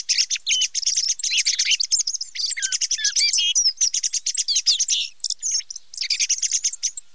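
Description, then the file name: Thrush delivering a dense, almost unbroken stream of rapid chirps, trills and whistled slurs, with a few brief lulls. "TORDO"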